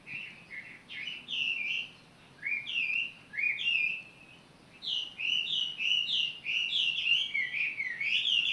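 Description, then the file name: Bird song: bursts of sweet slurred warbling notes, a short pause, then a longer fluid run of rising and falling whistles. Recorded 18 April 2022. "20220418 birdsong"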